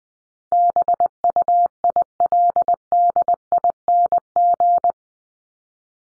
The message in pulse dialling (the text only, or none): none